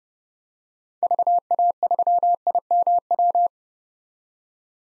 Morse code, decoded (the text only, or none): VA3IMW